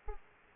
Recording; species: mosquito wingbeat signal from an infrared sensor; Aedes aegypti